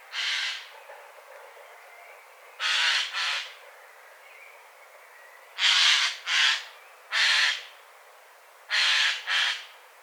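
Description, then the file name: Eurasian jay giving harsh, rasping screeches, mostly in quick pairs, several calls spread over ten seconds against a quiet background. "Garrulus glandarius"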